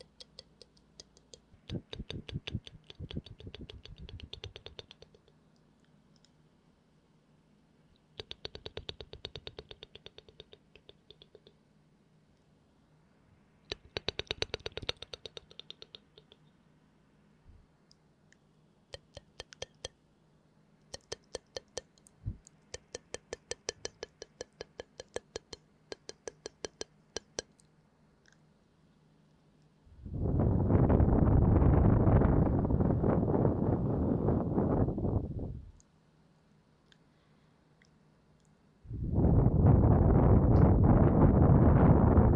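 Soft, slow mouth sounds: short clusters of wet clicks and smacks come in bursts through the first half, then thin to scattered single clicks. Near the end, two long, loud breathy whispers fill the sound, over a faint low hum throughout.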